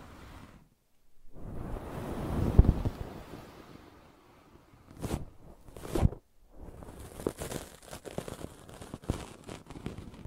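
Brushing and scratching sounds come in uneven bursts. A long, swelling brush stroke runs from about one to four seconds, with a sharp scrape near its peak. Two short, bright scratches follow around five and six seconds, then a stretch of rapid, choppy scraping to the end.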